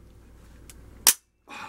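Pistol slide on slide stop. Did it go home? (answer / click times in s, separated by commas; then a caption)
released / 1.1 s. The locked-back slide of a P365 XL pistol is released from the slide stop and runs forward with a loud, sharp metallic snap at 1.1 s, after a faint tick at 0.7 s. The snap stops abruptly and is followed by near silence, then a stretch of broadband noise from about 1.5 s.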